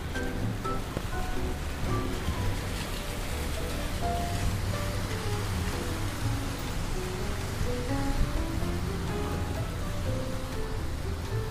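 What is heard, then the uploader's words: Rain falls steadily on a New York street, a dense, even hiss that holds the same level for the whole twelve seconds. A low rumble sits underneath, and short tonal snatches, like voices or passing traffic, surface and fade throughout. Raining Day In New York.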